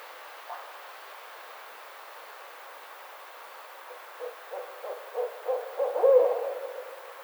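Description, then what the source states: Barred owl call: a long, mostly quiet start, then a series of short hoots growing louder to a drawn-out final note. Recorded on 29 May 2009.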